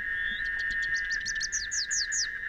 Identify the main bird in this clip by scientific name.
Basileuterus rufifrons